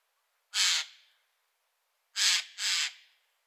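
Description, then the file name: Eurasian jay making one rough, grating screech, then after a pause a quick double rasp. "Garrulus glandarius"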